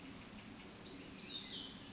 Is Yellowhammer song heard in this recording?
no